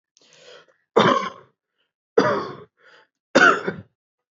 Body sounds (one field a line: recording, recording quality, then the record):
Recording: heavy voluntary cough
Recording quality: excellent, no background noise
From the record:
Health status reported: healthy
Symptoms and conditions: none ticked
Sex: male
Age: 21 years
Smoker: not ticked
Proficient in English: yes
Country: India